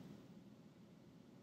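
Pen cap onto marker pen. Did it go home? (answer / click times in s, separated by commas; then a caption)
no / none. A pen cap is being handled onto a marker pen, over a steady low hiss and hum with no distinct sharp sounds. Nothing has seated or clicked yet; the cap is not yet home. The cap needs to be pushed down hard enough to click so the pen does not dry up.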